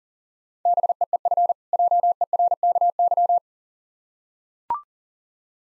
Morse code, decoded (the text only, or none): BEEF JERKY